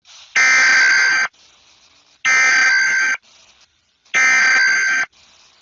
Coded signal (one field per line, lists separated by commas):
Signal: Emergency Alert System (SAME) tones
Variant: header bursts